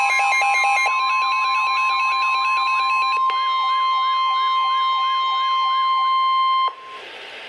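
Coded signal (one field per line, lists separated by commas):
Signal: Emergency Alert System (SAME) tones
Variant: 1050 Hz attention tone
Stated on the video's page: Severe thunderstorm warning received from NOAA weather radio transmitter in Milwaukee, Wisconsin.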